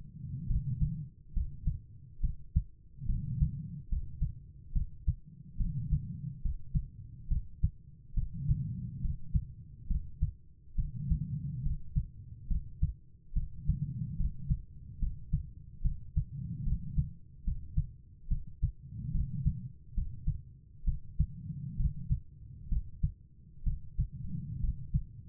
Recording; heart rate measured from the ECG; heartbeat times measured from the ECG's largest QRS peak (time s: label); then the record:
heart sounds by stethoscope; 70 bpm
0.46 s: heartbeat
1.33 s: heartbeat
2.20 s: heartbeat
3.05 s: heartbeat
3.88 s: heartbeat
4.72 s: heartbeat
5.57 s: heartbeat
6.41 s: heartbeat
7.27 s: heartbeat
8.14 s: heartbeat
9.01 s: heartbeat
9.87 s: heartbeat
10.75 s: heartbeat
11.62 s: heartbeat
12.47 s: heartbeat
13.33 s: heartbeat
14.16 s: heartbeat
14.99 s: heartbeat
15.81 s: heartbeat
16.63 s: heartbeat
17.43 s: heartbeat
18.27 s: heartbeat
19.11 s: heartbeat
19.94 s: heartbeat
20.84 s: heartbeat
21.76 s: heartbeat
22.68 s: heartbeat
23.63 s: heartbeat
24.60 s: heartbeat
From the record:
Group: healthy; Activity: rest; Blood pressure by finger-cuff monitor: 98/71 mmHg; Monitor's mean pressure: 80 mmHg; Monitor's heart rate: 70 bpm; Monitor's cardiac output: 5 L/min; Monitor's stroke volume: 71 mL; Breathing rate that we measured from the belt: 23 breaths a minute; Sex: female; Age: 32 years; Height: 172 cm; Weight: 71.7 kg